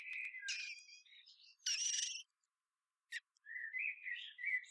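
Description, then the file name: Common blackbird song: warbled phrases broken by a harsh scratchy burst and a sharp click, then a rising fluty run of notes. "Turdus merula"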